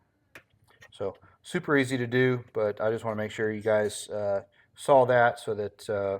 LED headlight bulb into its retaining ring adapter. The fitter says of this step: will turn and lock into place so it's all nice and solid